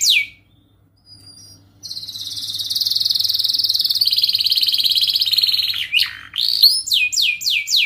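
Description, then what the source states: Canary singing a long rolling trill for about four seconds, then a burst of sharp descending sweeps repeated rapidly. Actively singing canary with elaborate song turns and rich fill-in phrases, used for songbird-hobby training.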